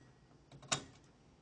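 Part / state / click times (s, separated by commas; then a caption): CPU cooler push-pin fastener into motherboard mounting hole / seated / 0.7 s. Two plastic push-pin fasteners at opposite corners of a CPU cooler are pushed down into the motherboard mounting holes. Faint ticks at about 0.5 and 0.6 seconds lead into one sharp, loud snap at 0.7 seconds. The fasteners are seated.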